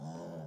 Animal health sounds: pig call; piglet (1 to 25 days)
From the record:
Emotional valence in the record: negative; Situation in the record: long isolation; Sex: female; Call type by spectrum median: low-frequency call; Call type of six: low-frequency stable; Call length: 0.48 s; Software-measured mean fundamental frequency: 56 Hz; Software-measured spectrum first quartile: 180 Hz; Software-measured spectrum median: 357 Hz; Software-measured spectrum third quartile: 710 Hz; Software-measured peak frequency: 162 Hz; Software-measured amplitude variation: 56 dB a second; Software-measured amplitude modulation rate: 25.1 a second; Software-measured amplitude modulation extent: 2.2 dB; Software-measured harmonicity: 0.7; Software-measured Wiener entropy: -0.21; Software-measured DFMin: 931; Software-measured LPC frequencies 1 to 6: 619, 3102, 5106, 5905, 6775, 7417 Hz

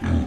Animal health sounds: pig call; growing-finishing pig (85 days or more)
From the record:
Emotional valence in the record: negative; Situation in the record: barren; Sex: female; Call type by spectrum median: low-frequency call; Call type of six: low-frequency stable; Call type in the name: low-frequency stable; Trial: 1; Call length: 0.28 s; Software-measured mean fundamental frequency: 43 Hz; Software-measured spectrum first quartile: 89 Hz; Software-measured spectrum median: 183 Hz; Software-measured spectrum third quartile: 367 Hz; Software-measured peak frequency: 243 Hz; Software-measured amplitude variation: 132 dB a second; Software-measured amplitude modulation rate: 27.2 a second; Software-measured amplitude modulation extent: 4.9 dB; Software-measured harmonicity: -0.6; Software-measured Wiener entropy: -0.82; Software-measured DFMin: 850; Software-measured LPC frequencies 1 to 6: 1626, 2319, 3369, 6108, 7193, 8223 Hz

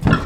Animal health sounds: pig call; growing-finishing pig (85 days or more)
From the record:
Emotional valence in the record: positive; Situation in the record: run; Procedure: transit

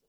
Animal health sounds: pig call; piglet (1 to 25 days)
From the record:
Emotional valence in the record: positive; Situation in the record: reunion after long isolation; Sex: female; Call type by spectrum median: high-frequency call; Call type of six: low-frequency tonal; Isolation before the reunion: 8 minutes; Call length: 0.09 s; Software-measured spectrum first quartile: 396 Hz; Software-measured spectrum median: 2417 Hz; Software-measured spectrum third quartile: 13093 Hz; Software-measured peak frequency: 445 Hz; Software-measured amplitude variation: 62 dB a second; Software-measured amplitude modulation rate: 5.7 a second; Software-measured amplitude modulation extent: 10.9 dB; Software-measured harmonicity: 7.4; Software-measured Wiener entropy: -2.25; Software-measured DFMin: 832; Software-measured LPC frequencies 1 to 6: 473, 2952, 3919, 5520, 7021, 7772 Hz

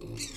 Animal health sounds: pig call; weaner (32 to 43 days)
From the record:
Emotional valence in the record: negative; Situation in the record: short isolation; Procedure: open field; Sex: female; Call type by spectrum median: high-frequency call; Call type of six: mixed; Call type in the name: high-frequency modulated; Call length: 0.37 s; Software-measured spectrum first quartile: 311 Hz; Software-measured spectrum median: 2584 Hz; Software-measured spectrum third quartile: 5915 Hz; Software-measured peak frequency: 338 Hz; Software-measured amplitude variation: 118 dB a second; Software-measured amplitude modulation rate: 21.5 a second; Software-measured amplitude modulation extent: 5.5 dB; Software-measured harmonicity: 1.6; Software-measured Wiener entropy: -3.06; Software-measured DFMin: 1003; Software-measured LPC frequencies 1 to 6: 2592, 4400, 5743, 7032, 8071, 9760 Hz

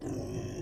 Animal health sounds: pig call; weaner (32 to 43 days)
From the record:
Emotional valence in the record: negative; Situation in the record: negative conditioning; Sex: female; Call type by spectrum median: low-frequency call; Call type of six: low-frequency stable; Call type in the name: low-frequency stable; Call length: 0.62 s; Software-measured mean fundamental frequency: 33 Hz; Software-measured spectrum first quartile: 168 Hz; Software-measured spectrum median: 326 Hz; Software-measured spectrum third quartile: 700 Hz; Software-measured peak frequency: 121 Hz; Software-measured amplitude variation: 129 dB a second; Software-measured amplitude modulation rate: 22.7 a second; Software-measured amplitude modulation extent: 5.7 dB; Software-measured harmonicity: 0.9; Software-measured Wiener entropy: -0.42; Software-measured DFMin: 961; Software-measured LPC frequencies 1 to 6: 351, 1784, 2625, 3199, 4558, 5419 Hz

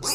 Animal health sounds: pig call; weaner (32 to 43 days)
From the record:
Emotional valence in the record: negative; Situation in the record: novel object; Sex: female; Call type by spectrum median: high-frequency call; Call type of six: high-frequency stable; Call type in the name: high-frequency stable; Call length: 0.14 s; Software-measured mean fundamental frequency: 217 Hz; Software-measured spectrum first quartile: 3393 Hz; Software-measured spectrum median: 5623 Hz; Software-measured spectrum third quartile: 8151 Hz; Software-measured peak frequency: 4938 Hz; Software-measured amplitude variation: 83 dB a second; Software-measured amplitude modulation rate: 13.9 a second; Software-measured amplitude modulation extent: 6.0 dB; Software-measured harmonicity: 1.4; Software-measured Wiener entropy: -2.44

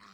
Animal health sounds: pig call; piglet (1 to 25 days)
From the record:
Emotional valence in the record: positive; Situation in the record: reunion after long isolation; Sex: female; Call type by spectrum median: low-frequency call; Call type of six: low-frequency tonal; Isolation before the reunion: 8 minutes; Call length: 0.14 s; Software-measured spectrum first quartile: 968 Hz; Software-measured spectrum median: 1601 Hz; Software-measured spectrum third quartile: 3243 Hz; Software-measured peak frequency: 1113 Hz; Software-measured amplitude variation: 67 dB a second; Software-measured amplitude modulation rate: 24.8 a second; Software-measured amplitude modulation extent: 2.7 dB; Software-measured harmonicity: 1.0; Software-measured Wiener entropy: -1.21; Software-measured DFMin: 991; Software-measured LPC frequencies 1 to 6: 1187, 1832, 4138, 5015, 6808, 7450 Hz

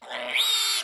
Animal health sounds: pig call; piglet (1 to 25 days)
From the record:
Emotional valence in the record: negative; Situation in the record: restrain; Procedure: in the arms of a person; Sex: male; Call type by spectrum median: high-frequency call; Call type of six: mixed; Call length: 0.84 s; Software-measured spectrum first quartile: 3114 Hz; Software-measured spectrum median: 3899 Hz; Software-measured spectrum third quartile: 6336 Hz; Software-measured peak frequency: 3692 Hz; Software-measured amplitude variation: 100 dB a second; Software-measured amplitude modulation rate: 19.6 a second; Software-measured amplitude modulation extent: 5.1 dB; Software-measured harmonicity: 3.1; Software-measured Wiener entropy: -2.45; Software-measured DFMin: 860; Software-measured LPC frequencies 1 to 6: 775, 1464, 2274, 3093, 3685, 4521 Hz

